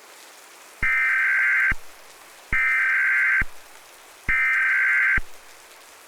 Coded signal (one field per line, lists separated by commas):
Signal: Emergency Alert System (SAME) tones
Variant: header bursts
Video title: EAS Simulation: The Fallout Reckoning | Immersive Audio Drama | NO Ai